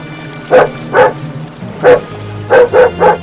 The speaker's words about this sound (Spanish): El perro continuó sus ladridos, monótonos, hasta perderse en un punto equidistante e indeterminado.